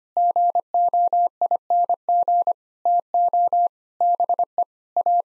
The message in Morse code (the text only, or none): GOING TO BE A